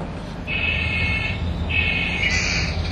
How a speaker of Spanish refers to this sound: Garza amarilla o chiflón. El canto es muy breve. Chiflón le dicen por el canto, es muy breve, no puede ser más largo.